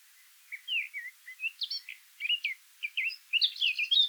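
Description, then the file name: Eurasian blackcap warbling a fast jumble of short slurred and chirping notes that grows busier and louder toward the end. "Sylvia atricapilla"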